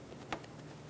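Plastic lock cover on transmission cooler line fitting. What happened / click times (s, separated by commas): Plastic locking cover snapped into place / 0.3 s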